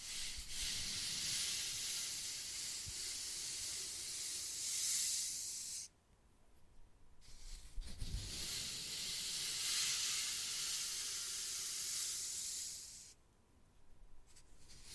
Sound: Wood Carving, Tapping and Scratching Sounds